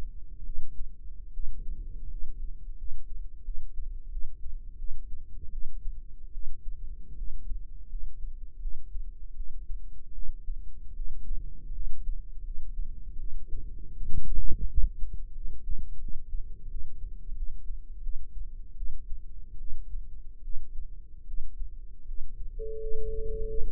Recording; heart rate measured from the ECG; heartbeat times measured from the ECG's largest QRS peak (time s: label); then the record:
heart sounds by microphone in the right ear; 81 bpm
0.44 s: heartbeat
1.32 s: heartbeat
2.09 s: heartbeat
2.76 s: heartbeat
3.43 s: heartbeat
4.10 s: heartbeat
4.77 s: heartbeat
5.51 s: heartbeat
6.32 s: heartbeat
7.16 s: heartbeat
7.88 s: heartbeat
8.60 s: heartbeat
9.35 s: heartbeat
10.13 s: heartbeat
10.94 s: heartbeat
11.73 s: heartbeat
12.43 s: heartbeat
13.17 s: heartbeat
13.95 s: heartbeat
14.67 s: heartbeat
15.33 s: heartbeat
15.99 s: heartbeat
16.69 s: heartbeat
17.35 s: heartbeat
18.02 s: heartbeat
18.76 s: heartbeat
19.59 s: heartbeat
20.43 s: heartbeat
21.26 s: heartbeat
22.06 s: heartbeat
22.79 s: heartbeat
23.46 s: heartbeat
From the record:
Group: healthy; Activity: rest 0-22 s, breath hold 22-24 s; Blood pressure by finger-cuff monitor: 102/64 mmHg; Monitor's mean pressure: 78 mmHg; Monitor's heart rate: 80 bpm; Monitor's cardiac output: 7.1 L/min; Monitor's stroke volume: 89 mL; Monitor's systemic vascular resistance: 790 dyn s/cm5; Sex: female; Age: 22 years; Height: 157 cm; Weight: 47.6 kg